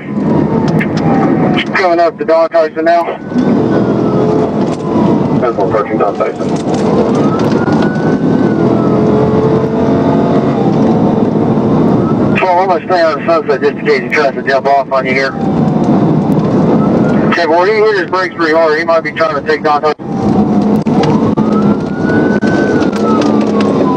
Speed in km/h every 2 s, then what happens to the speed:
124, 122, 114, 118, 130, 147, 150, 143, 145, 116, 92, 60.
0-5 slows to 114. 5-11 speeds up to 150. 11-24 brakes to 60.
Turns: none.